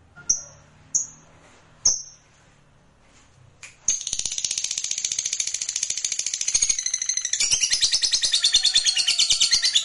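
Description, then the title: Lovebird starting with a few separate high chirps, then launching into a long, rapid, rattling chatter trill that continues to the end. Fighter lovebird giving a long ngekek trill. "Begitu Dengar Suara Lovebird FIGHTER NGEKEK PANJANG"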